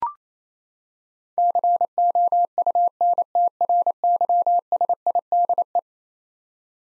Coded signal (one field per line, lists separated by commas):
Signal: Morse code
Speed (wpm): 28 wpm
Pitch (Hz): 700 Hz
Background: none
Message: COUNTRYSIDE